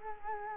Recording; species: mosquito wingbeat signal from an infrared sensor; Culex quinquefasciatus